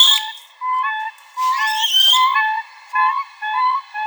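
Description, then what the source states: Siberian Crane calls: clear, whistled, flute-like notes near one pitch, repeated in short runs, with a brief rushing, hissy sweep partway through. Territorial call used with aggressive movements to drive competitors from the breeding area; huge, aggressively defended territories; sounds different from Common Cranes, carrying further across open Siberian landscape.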